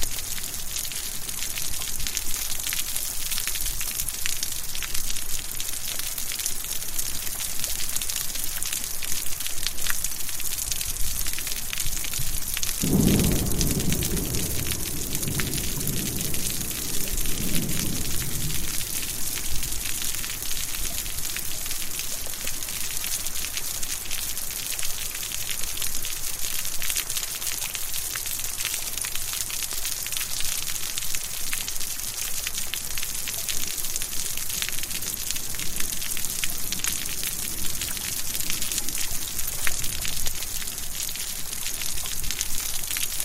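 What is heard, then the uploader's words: Steady rain falls throughout, a dense hiss of drops with bright crackly patter. Around thirteen seconds a low roll of distant thunder starts, rumbling on for several seconds before fading by about twenty, and the rain continues unchanged. Thunderstorm from the Porch. Rainfall and distant thunder. The rhythmic patter of rain on your porch. Raindrops falling and thunder rumbling.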